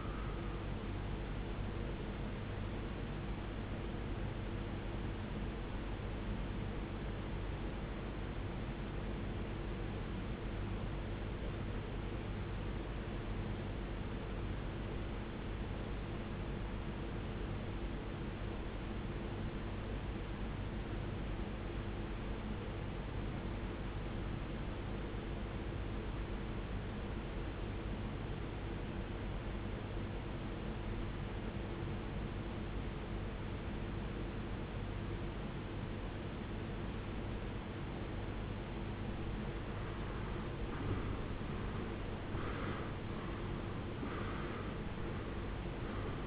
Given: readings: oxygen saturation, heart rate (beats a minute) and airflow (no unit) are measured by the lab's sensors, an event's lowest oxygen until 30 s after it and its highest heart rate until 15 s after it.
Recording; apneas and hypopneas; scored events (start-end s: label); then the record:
breathing in sleep by a voice recorder at the bedside; 1
7.00-41.80 s: obstructive apnea (REM, oxygen 94% highest, then 80% lowest, heart rate 57 at the start, 96 highest)
From the record:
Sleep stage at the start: REM sleep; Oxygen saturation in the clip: 84 to 94%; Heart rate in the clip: 45 to 67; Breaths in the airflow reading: 3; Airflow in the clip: -20.2 to 17.6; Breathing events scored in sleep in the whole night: 389 in 6.3 hours asleep